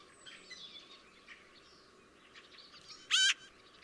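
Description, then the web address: Eurasian magpie giving a single harsh rasping note after a stretch of faint chirping from other birds. "chant xeno-canto pie bavarde"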